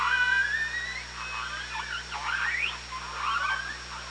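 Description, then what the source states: Orca calls in a busy run: a long rising whistle-like cry followed by several buzzy, wavering pulsed calls overlapping, with constant low hum underneath. Hydrophone at OrcaLab, 24 August 2017, 18:03.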